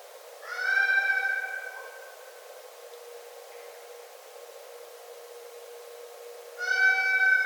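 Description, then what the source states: Red fox giving a harsh, wailing scream lasting over a second, then a long pause, then a second scream starting near the end; steady faint background hiss. Recorded 9 December 2011.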